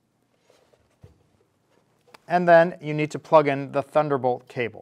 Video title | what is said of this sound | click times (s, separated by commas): How to connect and troubleshoot 4+ cameras to wirecast using AJA Io 4k | you push it in until it clicks | 2.1 s